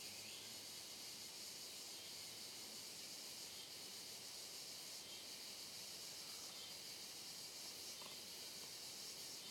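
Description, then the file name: Cicadas droning in an even, unbroken high-pitched hiss from start to finish. Chorus of cicadas on a trail in dense forest, with reverberation. "Coro de Cigarras em Trilha de Mata Fechada Reverberando"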